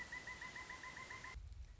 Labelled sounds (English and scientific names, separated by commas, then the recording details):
Pileated Woodpecker (Dryocopus pileatus)
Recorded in Sonoma County, California